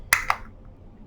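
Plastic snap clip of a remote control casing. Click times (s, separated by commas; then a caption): 0.1 s. The bottom area of a Mitsubishi KM09G air-conditioner remote's plastic casing is pried open for a black-screen repair. A single sharp snap at 0.1 s marks the first plastic clip popping loose, followed by a fainter snap at 0.3 s and then quiet. The clip has released.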